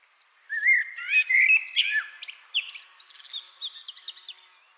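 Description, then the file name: Common blackbird singing one long phrase of mellow warbled notes that turns into a fast, squeaky, high twittering ending. "Turdus merula"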